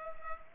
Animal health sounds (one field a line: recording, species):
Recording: mosquito wingbeat signal from an infrared sensor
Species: Culex pipiens